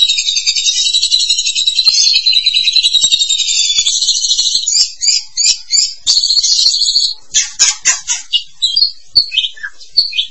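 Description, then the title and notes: Starling song, a long dense grating warble that breaks into quick clipped chips and rapid stuttering notes toward the end. "suara burung jalak"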